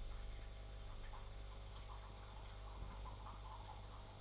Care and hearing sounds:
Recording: daily activity, microphone in the room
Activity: make coffee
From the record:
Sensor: 5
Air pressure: 994.6 hPa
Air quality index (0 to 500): 180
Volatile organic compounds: 988 ppm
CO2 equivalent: 5270 ppm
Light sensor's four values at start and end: 43/133/52/56 and 43/131/51/56

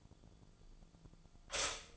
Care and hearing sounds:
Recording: daily activity, microphone in the room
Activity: stop toaster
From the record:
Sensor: 5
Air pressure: 1009.3 hPa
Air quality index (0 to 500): 170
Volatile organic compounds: 4 ppm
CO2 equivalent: 1648 ppm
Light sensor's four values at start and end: 89/236/96/101 and 89/236/96/101

